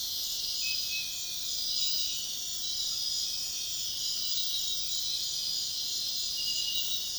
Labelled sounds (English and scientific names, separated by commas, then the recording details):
none
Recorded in dense forest near Puerto Asís, Putumayo, Colombia, on 20 February 2024 at 05:00
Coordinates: 0.502, -76.324
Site G6370